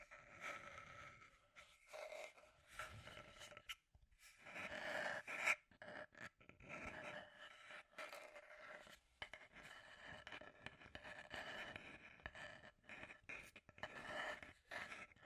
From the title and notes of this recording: ASMR The Trigger You Need for Sleep Scratchy Tapping (No Talking).